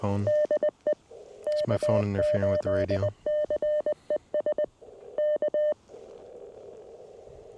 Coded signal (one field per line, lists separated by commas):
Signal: Morse code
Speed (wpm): 20 wpm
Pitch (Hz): 600 Hz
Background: speech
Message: DE K8CES K